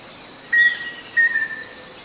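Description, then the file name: Black-faced antthrush giving a single pure whistle, then two quicker whistled notes after a short gap, with insects droning behind. "Song of Formicarius analis"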